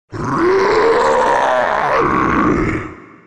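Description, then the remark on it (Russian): A furious roar of a shark as it leaps out of the water and charges: one loud, sustained guttural bellow with a rough, growling texture, lasting nearly three seconds before tapering off, with no talking. “Поэтому она снова выпрыгнула из воды и ринулась прямо на шкета с еще более яростным ревом.”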